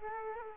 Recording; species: mosquito wingbeat signal from an infrared sensor; Aedes aegypti